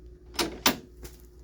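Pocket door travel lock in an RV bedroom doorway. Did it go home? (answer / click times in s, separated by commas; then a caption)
yes / 0.7 s. On a 2019 Heartland Road Warrior RV, the pocket door in the bedroom doorway is slid and its travel lock is engaged by hand, a little difficult to do one-handed. A sharp broadband knock at about 0.4 s is followed by the loudest bright latching click at 0.7 s, then a softer knock near 1.1 s. The travel lock latches into place.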